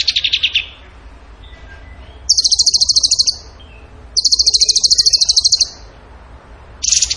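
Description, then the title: Bird singing a brief lower buzzy phrase, then bursts of fast, high-pitched rattling trills over a second long, with pauses between. Masteran (training recording) in the tembakan gacor song style. "Masteran Burung Tembakan Gacor"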